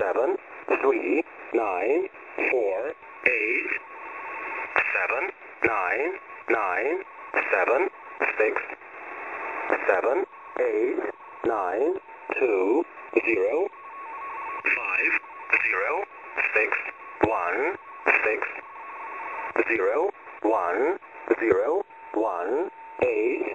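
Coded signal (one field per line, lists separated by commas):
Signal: numbers station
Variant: E07 English Man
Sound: male voice reading digits in English, evenly spaced, through narrow radio audio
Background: radio static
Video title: 17451kHz Russian Number Station E07 (05.03.2024)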